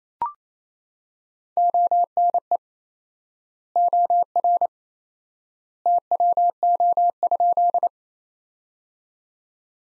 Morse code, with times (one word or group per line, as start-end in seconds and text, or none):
1.6-2.6 ONE
3.8-4.7 OR
5.9-7.9 TWO?